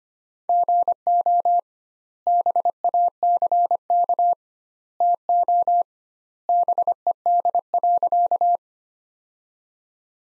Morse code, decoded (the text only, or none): GO BACK TO BED.